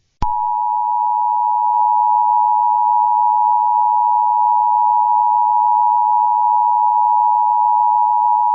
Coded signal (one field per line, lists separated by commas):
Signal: Emergency Alert System (SAME) tones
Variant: 853 and 960 Hz attention tone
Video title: EAS Scenario - Grand Theft Furry